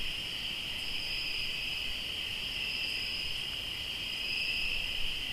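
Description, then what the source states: Cricket chorus: constant high-pitched trilling in two layered tones, unbroken throughout, over light background hiss. Crickets recorded in Tlayacapan, Morelos.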